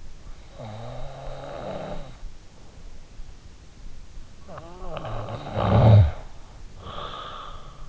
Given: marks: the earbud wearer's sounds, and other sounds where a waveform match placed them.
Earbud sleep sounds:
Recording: sounds in sleep by an in-ear microphone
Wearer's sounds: snoring breath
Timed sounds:
0.00-2.57 s: snoring breath
4.28-7.73 s: snoring breath

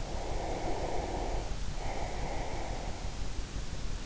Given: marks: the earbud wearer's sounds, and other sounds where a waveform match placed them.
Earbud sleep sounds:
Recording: sounds in sleep by an in-ear microphone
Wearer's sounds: breath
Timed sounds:
0.24-3.18 s: breath

